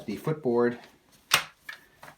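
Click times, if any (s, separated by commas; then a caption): 1.3 s, 1.7 s, 2.0 s. Someone talks while the plastic footboard of a BabyJogger City Select stroller is moved through its adjustment positions on its toothed ratchet hinge. Sharp clicks at 1.3, 1.7 and 2.0 seconds mark the ratchet locking into each position. The footboard seats in place rather than just falling down.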